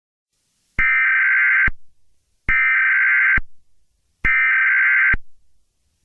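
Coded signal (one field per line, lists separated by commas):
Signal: Emergency Alert System (SAME) tones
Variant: header bursts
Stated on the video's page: Fictional EAS scenario retelling a game in emergency alert broadcasts.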